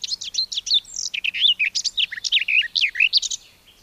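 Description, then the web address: Garden warbler song: a lively, unbroken warble of quick, slurred and chattering notes lasting about three and a half seconds, ending abruptly. "Madardalok Kerti poszáta"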